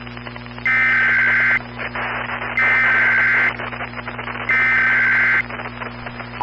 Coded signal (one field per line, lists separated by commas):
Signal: Emergency Alert System (SAME) tones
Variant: header bursts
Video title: DIRECTV Srceen / EAS Short Protesters running Los Angeles and San Francisco.